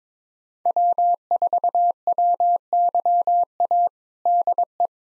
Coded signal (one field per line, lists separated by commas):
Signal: Morse code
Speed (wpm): 22 wpm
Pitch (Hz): 700 Hz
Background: none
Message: W4WYA DE